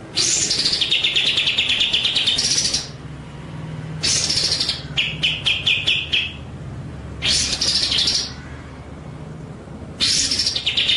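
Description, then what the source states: White-rumped shama song: long loud harsh churring phrases with a trill woven through, alternating with brief stuttered chip series. Masteran training track of rolling (ngerol) and sharp, shooting (nembak) song.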